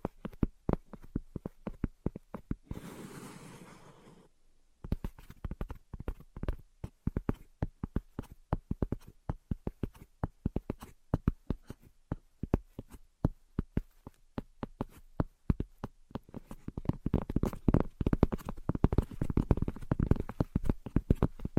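Invisible tapping and scratching: a dense, irregular run of sharp taps clicks along almost nonstop, several per second. Near the three-second mark a brief rough scratching noise takes over for about two seconds, and toward the end the taps grow heavier and more crowded.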